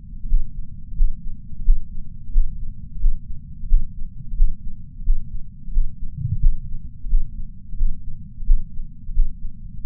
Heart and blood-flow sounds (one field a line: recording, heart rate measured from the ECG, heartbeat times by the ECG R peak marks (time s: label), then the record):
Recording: heart sounds by patch sensor on the chest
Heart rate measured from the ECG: 88 bpm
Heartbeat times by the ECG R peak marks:
0.29 s: heartbeat
0.97 s: heartbeat
1.64 s: heartbeat
2.32 s: heartbeat
3.00 s: heartbeat
3.68 s: heartbeat
4.36 s: heartbeat
5.04 s: heartbeat
5.73 s: heartbeat
6.40 s: heartbeat
7.09 s: heartbeat
7.77 s: heartbeat
8.46 s: heartbeat
9.13 s: heartbeat
9.82 s: heartbeat
From the record:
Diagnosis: coronary artery disease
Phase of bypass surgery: postoperative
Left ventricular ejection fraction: 69.2%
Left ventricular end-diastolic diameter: 44 mm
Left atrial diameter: 37 mm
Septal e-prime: 6.9 cm/s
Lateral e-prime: 8.2 cm/s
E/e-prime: 11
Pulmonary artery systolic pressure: 21 mmHg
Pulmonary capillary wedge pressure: 12 mmHg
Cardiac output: 4.9 L/min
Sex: male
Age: 63 years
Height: 170 cm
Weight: 85 kg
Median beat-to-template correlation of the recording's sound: 0.93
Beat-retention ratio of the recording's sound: 0.99